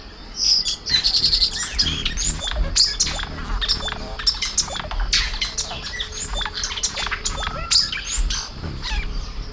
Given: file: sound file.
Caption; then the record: Song of Gómez Farías lek.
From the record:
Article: Acoustic Divergence with Gene Flow in a Lekking Hummingbird with Complex Songs